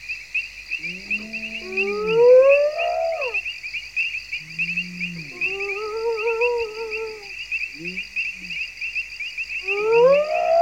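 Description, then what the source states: Hyena whoops: drawn-out, rising, harmonic calls in a series, mixed with lower arched moans, over a steady high insect drone. Heard every night across the vast savanna, a deep resonant sound coming out of the darkness.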